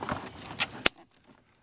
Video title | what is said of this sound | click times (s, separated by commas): 1997 Toyota Camry Dashboard Instrument Panel and Lighting Remove & Replace | then the blue one on the far left, reconnect that. Snaps in place. | 0.9 s